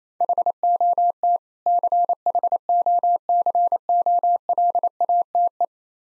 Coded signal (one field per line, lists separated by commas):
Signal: Morse code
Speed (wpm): 28 wpm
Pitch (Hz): 700 Hz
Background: none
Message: HOT CHOCOLATE